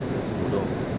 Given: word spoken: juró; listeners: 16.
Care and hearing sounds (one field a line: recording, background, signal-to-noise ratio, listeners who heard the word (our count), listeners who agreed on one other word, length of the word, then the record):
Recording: one Spanish word in noise, from a listening test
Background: speech-shaped noise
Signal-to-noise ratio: -4.5 dB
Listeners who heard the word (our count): 2 of 16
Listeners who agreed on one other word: 6 of 16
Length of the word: 0.58 s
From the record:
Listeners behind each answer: 6, 2, 1, 1, 1, 1, 1, 1, 1, 1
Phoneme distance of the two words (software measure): 10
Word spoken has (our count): 2 syllables, 4 phonemes, stress on syllable 2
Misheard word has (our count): 2 syllables, 4 phonemes, stress on syllable 2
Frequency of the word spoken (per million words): 2.82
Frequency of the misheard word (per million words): 21.27